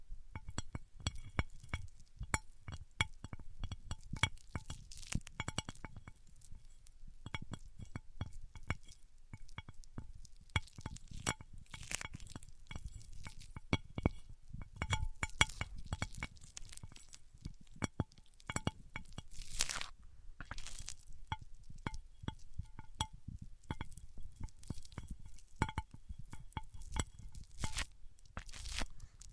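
A microphone rubs and scrapes across different surfaces in a dense, uneven stream of clicks, taps and scratchy bursts, steady for the whole half minute. Low thumps sit under bright, glassy clinks, with a louder rasping sweep near twenty seconds.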